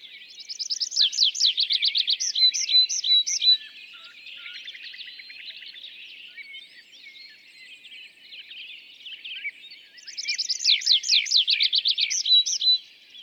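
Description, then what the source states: Two tree pipit songs, each a fast run of descending notes closing with slower whistles, separated by several seconds of quieter background birdsong. Display flight song of a bird newly arrived from migration; La Sarcena, Val Drôme, France, 27 April 2020; sings from top of isolated tree by a meadow, rising then parachuting down; Nagra Seven, MKH40.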